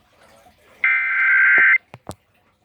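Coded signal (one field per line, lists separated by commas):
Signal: Emergency Alert System (SAME) tones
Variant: header bursts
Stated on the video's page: Ohio required monthly test SAME tones on EAS/NOAA Weather Radio, relayed by several stations including WLW.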